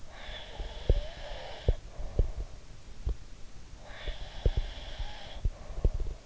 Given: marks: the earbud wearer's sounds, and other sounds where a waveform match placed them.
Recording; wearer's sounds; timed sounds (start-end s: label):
sounds in sleep by an in-ear microphone; breath
0.04-2.53 s: breath
0.85-3.18 s: sound from someone else or the room
3.76-6.26 s: breath
3.96-6.15 s: sound from someone else or the room